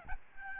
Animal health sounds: mosquito wingbeat signal from an infrared sensor; Aedes albopictus

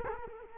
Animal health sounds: mosquito wingbeat signal from an infrared sensor; Culex quinquefasciatus

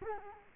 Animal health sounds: mosquito wingbeat signal from an infrared sensor; Culex quinquefasciatus

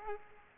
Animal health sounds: mosquito wingbeat signal from an infrared sensor; Aedes aegypti

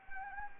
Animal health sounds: mosquito wingbeat signal from an infrared sensor; Anopheles gambiae

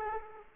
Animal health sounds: mosquito wingbeat signal from an infrared sensor; Aedes aegypti

